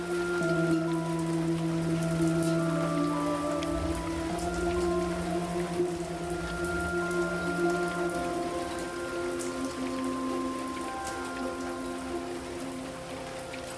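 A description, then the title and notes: Rain patters steadily on a roof, a dense, even wash of drops with sharper taps scattered throughout. Under it runs a low, steady hum with a few held tones that shift in pitch, the lowest dropping out around eight seconds. Raindrops on the Roof.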